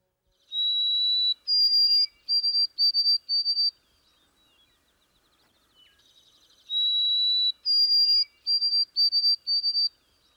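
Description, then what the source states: White-throated Sparrow singing clear whistled songs: a long steady note, then several higher whistles, the later ones short and repeated, given twice with a pause between. Song rendered by some New Englanders as 'Oh, Sam, peepity, peepity, peepity' and north of the border as 'Oh, sweet Canada, Canada, Canada'.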